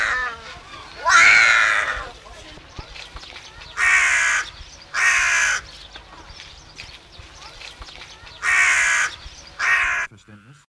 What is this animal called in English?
Carrion Crow